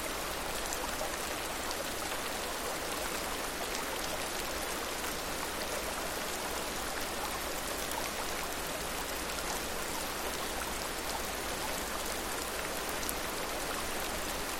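Rain pitter-patters outside in a steady, dense hiss that holds level for the whole stretch. Countless fine drop ticks crowd the bright upper range, with small taps flickering through constantly and no pauses, while a faint low rumble sits underneath.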